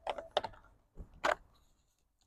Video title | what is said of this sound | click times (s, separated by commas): Trek Speed Concept SLR9 eTap AXS review & highlights | locks in place and if you're doing longdistance racing | 0.4 s, 1.3 s